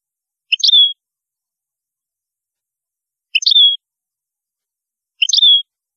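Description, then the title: European goldfinch calls: a short note running into a drawn-out, slightly falling tone, given three times with silence between. "Chant Chardonneret"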